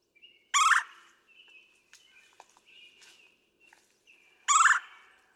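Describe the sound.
Red-bellied woodpecker calls: two loud, harsh rolling churrs about four seconds apart, with thin whistled notes in between.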